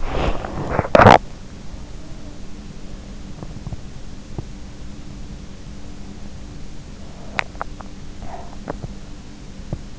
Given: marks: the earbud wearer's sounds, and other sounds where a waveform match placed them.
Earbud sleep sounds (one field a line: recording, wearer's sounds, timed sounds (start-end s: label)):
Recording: sounds in sleep by an in-ear microphone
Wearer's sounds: body movement, teeth grinding, swallowing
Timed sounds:
0.00-0.95 s: body movement
0.95-1.58 s: teeth grinding
7.18-8.97 s: swallowing